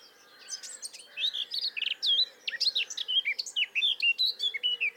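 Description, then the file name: Eurasian blackcap song, a rich run of quick whistled slurs and chattery notes, loud and unbroken for most. "Sylvia atricapilla"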